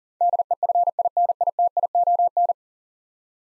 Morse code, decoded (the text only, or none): DEFINITION